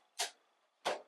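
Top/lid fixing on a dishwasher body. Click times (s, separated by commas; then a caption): 0.2 s. The top clip of a Bosch SPS53E12GB/23 dishwasher is slotted under the arm and pulled down until it clicks into place on the dishwasher top, with the click at 0.2 s. A second sharp hit follows at about 0.9 s, and the lid fixing is seated.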